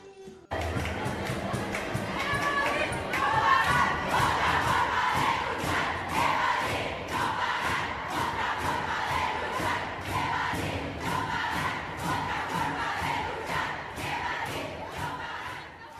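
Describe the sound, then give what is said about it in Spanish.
A large crowd of protesters, including students, chants and shouts together in a subway station in a steady, rhythmic cadence, with sharp claps or stamps punctuating the roar at regular intervals throughout. “quienes se sumaron y junto a los estudiantes se trasladaron por el tren subterráneo a otras estaciones para reproducir este desborde con cánticos y gritos, abriendo puertas y alentando a la gente a saltar los torniquetes entre risas y complicidades.”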